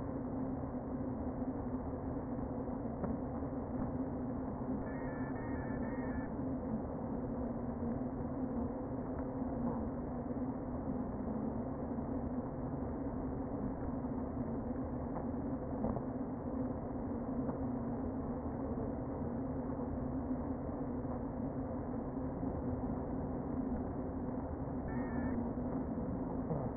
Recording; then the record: honeybee colony, microphone inside the hive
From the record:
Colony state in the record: queen present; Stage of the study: before two queens were removed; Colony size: about 60,000 bees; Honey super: yes